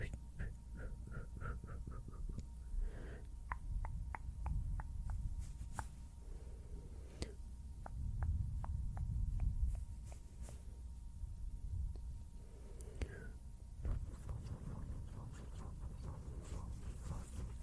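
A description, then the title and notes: Mouth sounds: a quick run of wet clicks and smacks, regular then scattered, over low rustling from hand movements and a faint steady tone. PLUCKING, VISUAL TRIGGERS, MOUTH SOUNDS, HAND MOVEMENTS.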